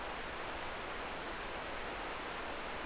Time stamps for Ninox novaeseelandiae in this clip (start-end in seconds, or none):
none